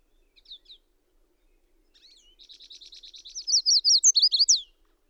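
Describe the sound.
Bird song: a few soft notes, then a steady, buzzy trill that builds into loud, high, swooping notes in quick succession.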